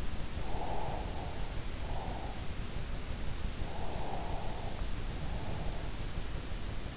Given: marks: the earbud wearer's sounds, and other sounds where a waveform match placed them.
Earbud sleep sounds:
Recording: sounds in sleep by an in-ear microphone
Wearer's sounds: breath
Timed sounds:
0.56-2.42 s: breath
3.85-5.97 s: breath

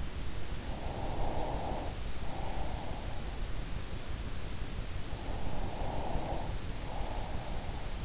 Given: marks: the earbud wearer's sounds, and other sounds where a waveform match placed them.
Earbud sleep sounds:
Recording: sounds in sleep by an in-ear microphone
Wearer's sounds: breath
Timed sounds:
0.55-3.49 s: breath
4.74-8.05 s: breath

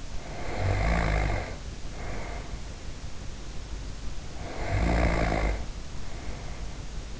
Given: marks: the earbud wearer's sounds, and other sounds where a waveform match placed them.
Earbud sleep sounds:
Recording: sounds in sleep by an in-ear microphone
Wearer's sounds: snoring breath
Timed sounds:
0.00-2.68 s: snoring breath
4.23-7.04 s: snoring breath

